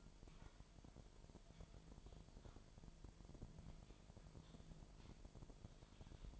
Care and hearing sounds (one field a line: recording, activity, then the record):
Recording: daily activity, microphone in the room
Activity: typing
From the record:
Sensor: 5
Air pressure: 1002.1 hPa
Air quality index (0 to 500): 228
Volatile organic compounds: 30 ppm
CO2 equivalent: 2960 ppm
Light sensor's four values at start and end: 10/23/9/10 and 10/23/9/10